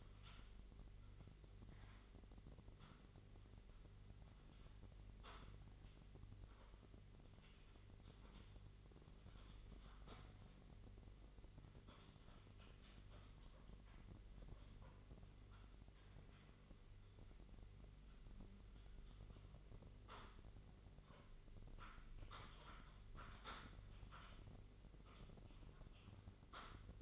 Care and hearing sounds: daily activity, microphone in the room; typing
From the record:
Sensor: 4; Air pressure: 1008.4 hPa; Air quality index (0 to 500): 82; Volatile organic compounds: 1 ppm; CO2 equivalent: 652 ppm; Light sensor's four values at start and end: 17/39/16/16 and 17/38/16/16

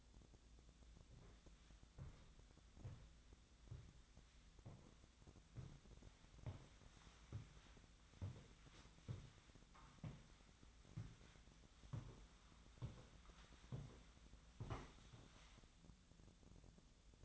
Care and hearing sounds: daily activity, microphone in the room; walk to room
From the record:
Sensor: 3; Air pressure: 1010.0 hPa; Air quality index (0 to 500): 185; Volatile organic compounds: 13 ppm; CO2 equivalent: 2409 ppm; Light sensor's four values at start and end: 41/102/44/47 and 42/102/44/48

